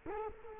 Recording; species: mosquito wingbeat signal from an infrared sensor; Culex quinquefasciatus